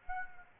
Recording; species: mosquito wingbeat signal from an infrared sensor; Aedes aegypti